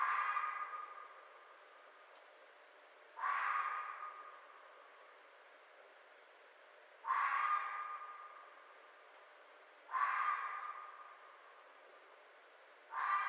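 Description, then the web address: Red fox calling with harsh, raspy single calls, several of them spaced about three seconds apart, each trailing off slowly into a quiet background. Recorded 4 May 2011. "Red Fox 2011 05 04 Red Fox"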